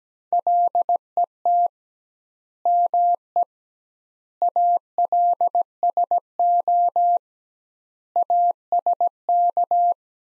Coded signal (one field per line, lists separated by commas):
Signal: Morse code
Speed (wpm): 17 wpm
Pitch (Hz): 700 Hz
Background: none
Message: LET ME ALSO ASK